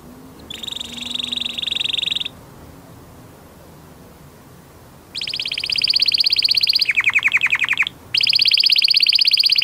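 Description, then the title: Domestic canary song: a short rapid trill, a pause of about three seconds, then a long run of fast trills changing pitch, including a lower, broader stretch. Portuguese canary breed. "Kenari Portugis"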